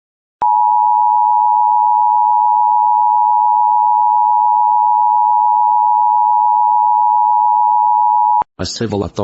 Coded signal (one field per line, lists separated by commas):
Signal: Emergency Alert System (SAME) tones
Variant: 853 and 960 Hz attention tone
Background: speech